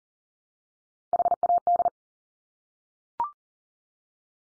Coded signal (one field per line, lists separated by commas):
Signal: Morse code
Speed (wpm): 40 wpm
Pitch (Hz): 700 Hz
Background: none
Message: HAD